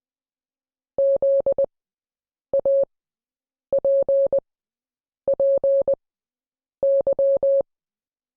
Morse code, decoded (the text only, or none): ZAPPY